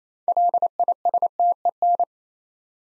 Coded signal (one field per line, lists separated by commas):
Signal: Morse code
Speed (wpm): 37 wpm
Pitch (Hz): 700 Hz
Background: none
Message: LISTEN